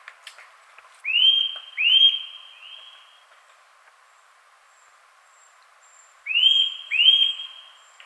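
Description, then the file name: Eurasian nuthatch giving a run of three upslurred whistles, a long pause, then two more loud ones. "Sitta europaea"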